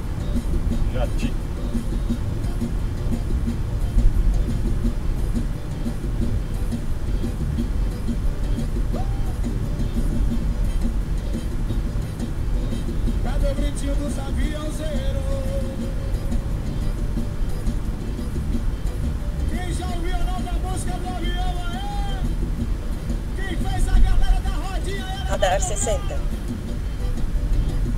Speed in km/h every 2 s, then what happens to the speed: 82, 79, 77, 75, 75, 75, 74, 73, 72, 68, 66, 66, 65, 64.
0-28 slows to 64.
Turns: none.